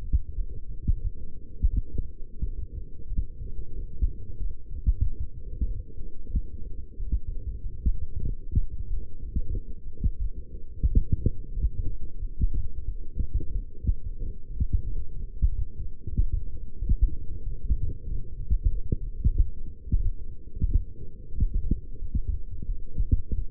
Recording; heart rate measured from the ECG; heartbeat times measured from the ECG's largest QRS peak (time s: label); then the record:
heart sounds by stethoscope; 91 bpm
0.36 s: heartbeat
1.02 s: heartbeat
1.71 s: heartbeat
2.40 s: heartbeat
3.08 s: heartbeat
3.74 s: heartbeat
4.38 s: heartbeat
5.02 s: heartbeat
5.66 s: heartbeat
6.32 s: heartbeat
6.98 s: heartbeat
7.62 s: heartbeat
8.25 s: heartbeat
8.88 s: heartbeat
9.53 s: heartbeat
10.20 s: heartbeat
10.89 s: heartbeat
11.55 s: heartbeat
12.20 s: heartbeat
12.86 s: heartbeat
13.53 s: heartbeat
14.19 s: heartbeat
14.85 s: heartbeat
15.50 s: heartbeat
16.15 s: heartbeat
16.79 s: heartbeat
17.44 s: heartbeat
18.07 s: heartbeat
18.69 s: heartbeat
19.32 s: heartbeat
19.97 s: heartbeat
20.67 s: heartbeat
21.34 s: heartbeat
22.00 s: heartbeat
22.67 s: heartbeat
23.36 s: heartbeat
From the record:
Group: healthy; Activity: light exercise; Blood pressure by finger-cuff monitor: 138/74 mmHg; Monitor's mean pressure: 90 mmHg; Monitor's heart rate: 91 bpm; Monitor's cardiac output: 8.4 L/min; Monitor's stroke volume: 92 mL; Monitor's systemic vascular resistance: 790 dyn s/cm5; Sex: female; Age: 22 years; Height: 171 cm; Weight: 65.6 kg